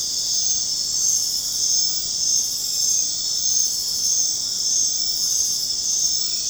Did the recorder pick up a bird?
no